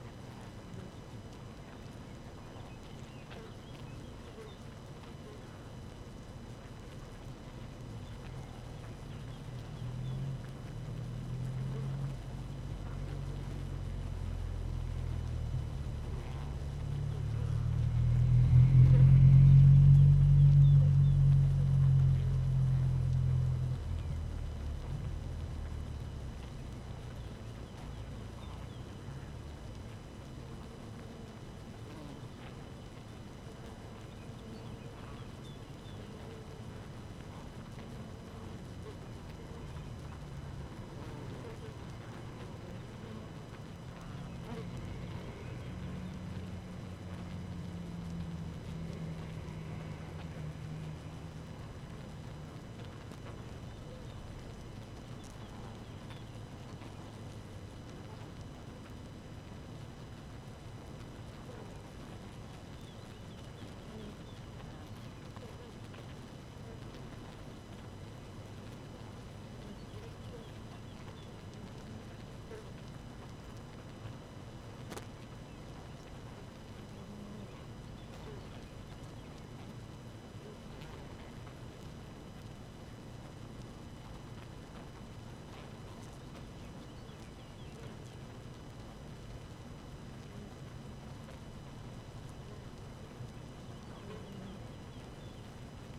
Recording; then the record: honeybee colony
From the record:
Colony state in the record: active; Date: 12 June 2018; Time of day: 4:53